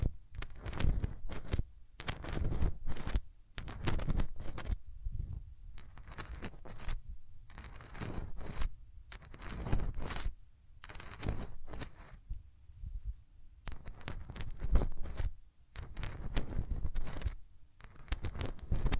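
Hands rub over the ears close up, making dense bursts of rough, scratchy rustling with a heavy low rumble underneath. The rubbing comes in irregular strokes of a second or two, separated by brief near-silent pauses, with occasional soft thumps.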